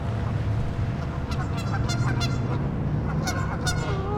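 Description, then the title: Goose honks, a few loud nasal calls over a heavy low rumble. "neoscenes: geese"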